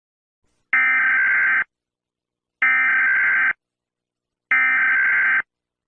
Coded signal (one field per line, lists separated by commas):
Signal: Emergency Alert System (SAME) tones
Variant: header bursts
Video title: TULSA - EAS SCENARIO MOCK